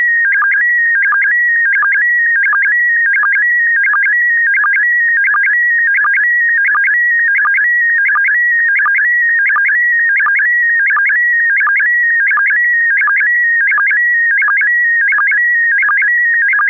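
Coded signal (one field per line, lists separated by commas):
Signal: SSTV (slow-scan television)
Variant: PD90 mode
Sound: warbling, chirping tone shifting in pitch, with rapid regular clicks throughout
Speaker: Aan het eind van de uitzending hebben we wel SSTV. SSTV met PD90. SSTV met PD90.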